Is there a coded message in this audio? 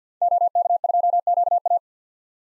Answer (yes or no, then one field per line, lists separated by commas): yes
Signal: Morse code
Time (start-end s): 0.2-1.8 s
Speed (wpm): 50 wpm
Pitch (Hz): 700 Hz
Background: none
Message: OK2QA